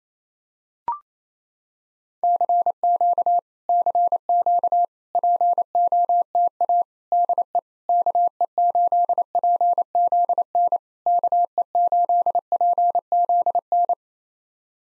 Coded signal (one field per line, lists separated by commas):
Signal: Morse code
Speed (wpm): 28 wpm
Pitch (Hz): 700 Hz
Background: none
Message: CQ CQ POTA DE KE8PZN KE8PZN